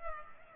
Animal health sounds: mosquito wingbeat signal from an infrared sensor; Culex pipiens

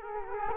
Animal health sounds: mosquito wingbeat signal from an infrared sensor; Culex quinquefasciatus

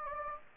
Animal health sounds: mosquito wingbeat signal from an infrared sensor; Anopheles gambiae

